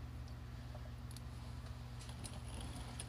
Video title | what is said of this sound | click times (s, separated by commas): F150 Ecoboost Oil Change WARNING/ADVICE | I don't know if you heard it click but it clicks when it's tight | 3.0 s